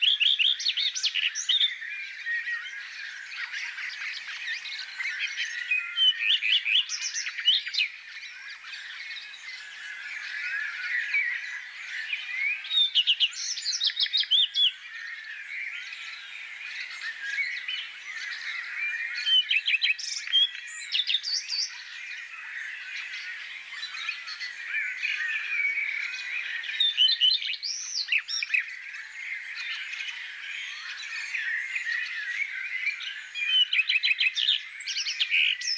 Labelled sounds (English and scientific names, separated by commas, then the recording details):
Common Redstart (Phoenicurus phoenicurus) song
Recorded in the wild
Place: Oberrotweil am Kaiserstuhl / Bickensohl, Baden-Württemberg, DE
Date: 1984-06-11
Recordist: Schwarz, Dieter